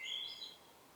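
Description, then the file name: Common blackbird: a short, bright, high-pitched note that slides and fades within a second, over quiet background hiss. "Turdus merula"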